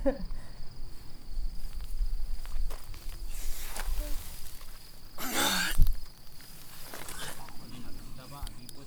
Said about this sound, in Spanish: Están cantando más los grillos, ¿no?